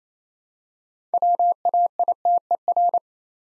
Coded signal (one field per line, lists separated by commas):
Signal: Morse code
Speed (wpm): 29 wpm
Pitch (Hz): 700 Hz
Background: none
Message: WAITER